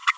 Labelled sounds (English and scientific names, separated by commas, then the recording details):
Green-rumped Parrotlet (Forpus passerinus) babbling
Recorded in a nest box in Venezuela
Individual 18B25A3